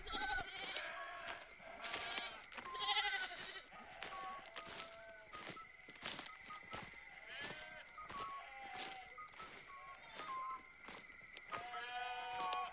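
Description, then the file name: Sheep giving scattered overlapping bleats, softer and intermittent, with frequent crisp clicking footfalls and a thin steady high hum. Recorded at night, with footsteps. "Nacht, Schritte, Schaf"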